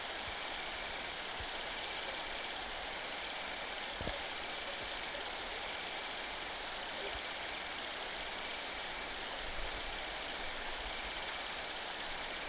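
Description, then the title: Bush-cricket song: a sustained high buzzing trill that swells and dips slightly, over a thin constant lower cricket tone. Saignon, Vaucluse, September 2000; Italian tree crickets also present. "Sylvain Jaskowiak - Animus. Grandes sauterelles vertes, grillons d'Italie et decticelles - Saignon, Vaucluse - septembre 2000"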